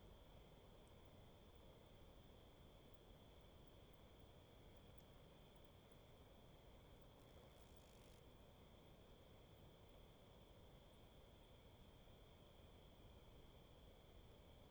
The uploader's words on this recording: Little Pend Oreille National Wildlife Refuge, Bayley's Lake at dusk with bats. Voices mostly inaudible to humans, thousands of bats fly around the still water at night. Thousands of bats fly around the still water at night. Their wings are the only disturbance in the air.